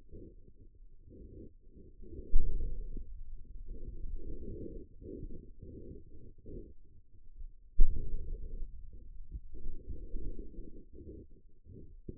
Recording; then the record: forearm muscle sounds (acoustic myography)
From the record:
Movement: wrist flexion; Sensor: system 2, bracelet of six BSWA MPA416 microphones around the upper forearm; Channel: 4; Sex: male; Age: 22 years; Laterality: right